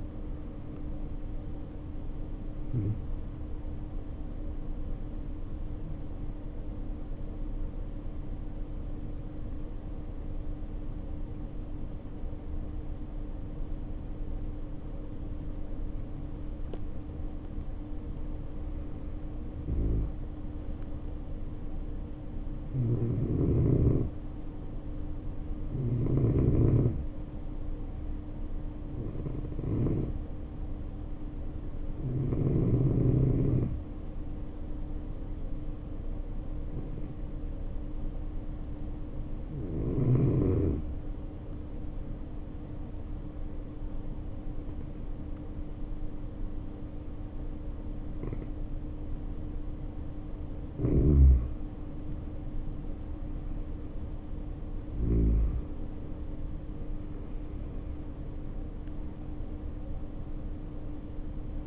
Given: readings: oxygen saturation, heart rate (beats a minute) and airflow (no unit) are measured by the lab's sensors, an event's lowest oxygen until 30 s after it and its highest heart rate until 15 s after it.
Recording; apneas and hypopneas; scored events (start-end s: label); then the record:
breathing in sleep by a smartphone at the bedside; 2
9.00-26.30 s: hypopnea (N2, oxygen 94% highest, then 90% lowest, heart rate 51 at the start, 59 highest)
35.00-53.30 s: hypopnea (N2, oxygen 91% highest, then 85% lowest, heart rate 57 at the start, 64 highest)
From the record:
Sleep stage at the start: N2 (light sleep); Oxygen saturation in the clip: 85 to 94%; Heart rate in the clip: 51 to 60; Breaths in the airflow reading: 17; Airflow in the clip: -2.6 to 2.5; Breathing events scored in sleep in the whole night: 520 in 7.2 hours asleep